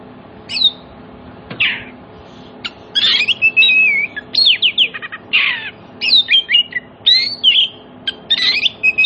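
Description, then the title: Oriental magpie-robin song: a few isolated harsh notes, then a long, lively stream of whistled slurs and rasping chatter. Played as a lure so that silent magpie-robins answer and sing energetically (gacor) within about five minutes. "Cukup Hitungan Menit Kacer Lain Bisa Bunyi. CUKUP 5 Menit Kacer LAIN NYAUT JADI GACOR, PANCINGAN KACER MACET BUNYI"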